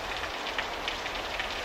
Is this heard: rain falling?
yes